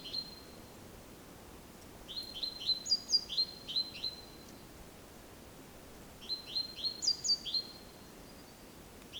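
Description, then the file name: Great tit calling in two bouts of several quick, upswept high notes with a thin higher squeak, separated by a few seconds of quiet. "Parus major"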